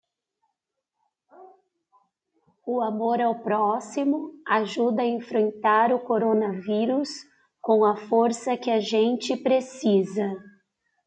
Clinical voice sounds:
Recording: spoken sentence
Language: Brazilian Portuguese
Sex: female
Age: 40 to 49 years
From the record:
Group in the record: control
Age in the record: 43 years

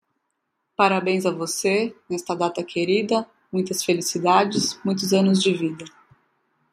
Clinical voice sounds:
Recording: short text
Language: Brazilian Portuguese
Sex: female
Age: 30 to 39 years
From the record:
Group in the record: control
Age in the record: 33 years

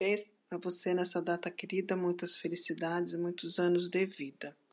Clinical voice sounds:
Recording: short text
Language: Brazilian Portuguese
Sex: female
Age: 60 to 69 years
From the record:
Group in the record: control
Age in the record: 61 years

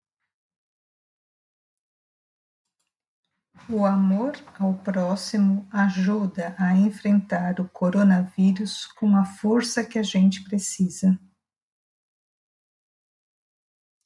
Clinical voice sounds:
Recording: spoken sentence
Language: Brazilian Portuguese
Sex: female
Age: 50 to 59 years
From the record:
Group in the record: control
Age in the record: 54 years

